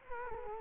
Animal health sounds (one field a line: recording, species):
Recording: mosquito wingbeat signal from an infrared sensor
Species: Culex quinquefasciatus